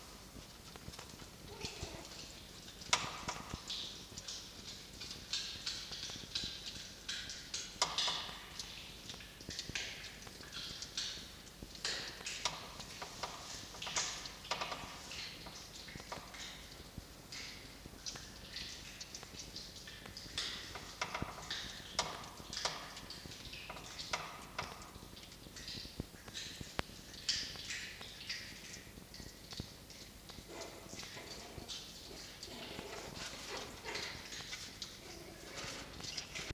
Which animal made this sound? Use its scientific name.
Vulpes vulpes